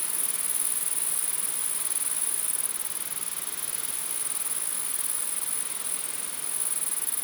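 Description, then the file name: Grasshoppers give a continuous shrill buzz, very high and even, with a low hiss of background noise beneath it. Several grasshoppers recorded in windy conditions. "grasshoppers in the wind"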